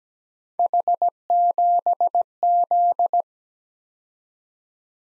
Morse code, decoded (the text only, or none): H7Z